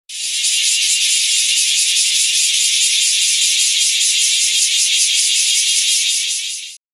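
Cicada giving a steady, high, shrill buzz that holds evenly for about six and a half seconds, then stops abruptly.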